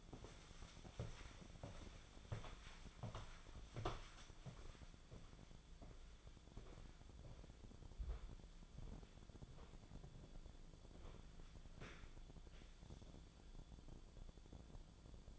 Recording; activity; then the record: daily activity, microphone in the room; walk to room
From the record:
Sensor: 5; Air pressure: 1010.2 hPa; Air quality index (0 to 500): 138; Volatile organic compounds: 3 ppm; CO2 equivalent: 1355 ppm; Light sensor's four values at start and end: 291/690/301/338 and 275/684/288/316